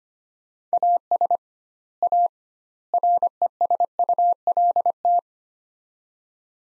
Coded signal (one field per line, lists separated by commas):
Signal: Morse code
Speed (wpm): 25 wpm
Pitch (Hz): 700 Hz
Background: none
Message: AS A RESULT